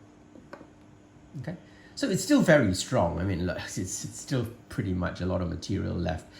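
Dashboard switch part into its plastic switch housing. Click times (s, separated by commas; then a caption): 0.5 s. A Saab 900 plastic dashboard switch part, trimmed of some plastic to release it, is pushed back into its plastic switch housing and snaps in with a short, sharp click at 0.5 s. Someone then talks, and the switch is left seated and still strong.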